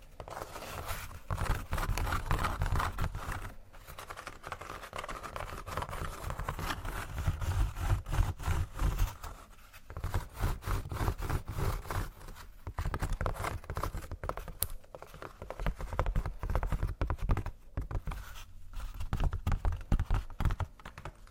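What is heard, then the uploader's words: Relaxing ASMR textures: a dense run of soft tapping and scratching that keeps going for the whole stretch, with a strong low thump under the light crackle. The pace is quick and uneven, easing off briefly near ten seconds and again around eighteen seconds. ASMR Relaxing Textures（No Talking）.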